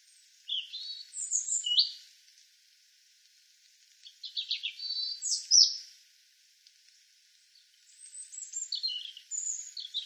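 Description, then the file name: European robin song: three separate high, liquid phrases of warbled trills and sharp thin whistles, each a couple of seconds long with quiet pauses between. "Erithacus rubecula"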